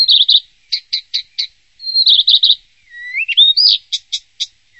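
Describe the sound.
Bird song with buzzy trills, evenly spaced sharp clicks and a rising slurred whistle, phrases alternating quickly with short silent gaps.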